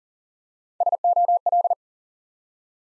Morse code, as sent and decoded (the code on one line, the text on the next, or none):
... --- .-..
SOL